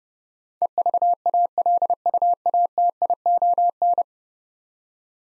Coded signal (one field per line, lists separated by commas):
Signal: Morse code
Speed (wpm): 30 wpm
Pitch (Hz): 700 Hz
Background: none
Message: EVALUATION